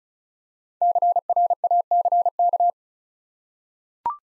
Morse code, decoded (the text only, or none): CRACK